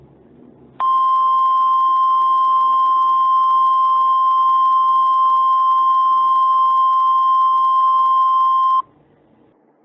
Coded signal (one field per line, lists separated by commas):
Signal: Emergency Alert System (SAME) tones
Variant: 1050 Hz attention tone